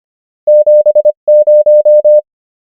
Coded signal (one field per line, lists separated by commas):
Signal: Morse code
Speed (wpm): 25 wpm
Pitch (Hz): 600 Hz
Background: none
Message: 70